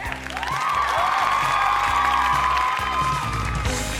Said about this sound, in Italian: però voglio iniziare questa sera con un applauso. Mandiamo subito l'applauso, un applauso, veloci.